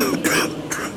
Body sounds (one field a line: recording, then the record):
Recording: coughing mixed with background sound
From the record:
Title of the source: 31 night wet cough